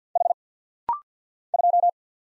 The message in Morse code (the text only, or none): H 2